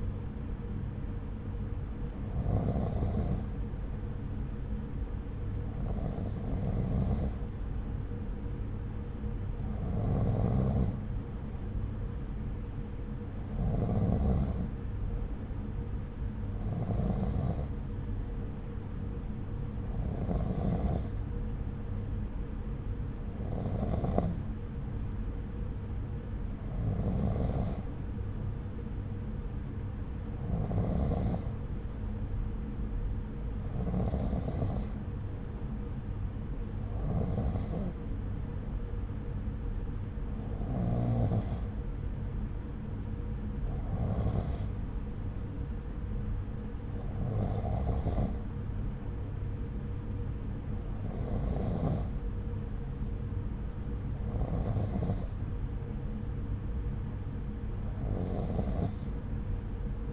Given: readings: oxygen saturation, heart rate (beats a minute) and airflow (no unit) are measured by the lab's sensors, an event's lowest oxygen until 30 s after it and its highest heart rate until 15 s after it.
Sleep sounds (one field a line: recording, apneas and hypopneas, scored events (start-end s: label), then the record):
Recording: breathing in sleep by a smartphone at the bedside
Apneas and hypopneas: none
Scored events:
none scored
From the record:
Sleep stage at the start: N2 (light sleep)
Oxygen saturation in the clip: 92 to 93%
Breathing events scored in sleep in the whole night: 303 in 8.1 hours asleep